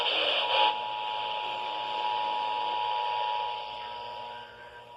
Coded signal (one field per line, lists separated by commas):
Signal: Emergency Alert System (SAME) tones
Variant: 853 and 960 Hz attention tone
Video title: National EAS Test 2019 - @SPCcentralindy8008